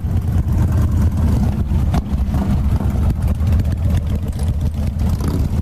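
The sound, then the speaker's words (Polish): A car engine roars with a loud, deep, throaty rumble that holds steady for several seconds, its low growl pulsing slightly as it drives off, with no voices. “Pojechali z pięknym grzmotem silnika.”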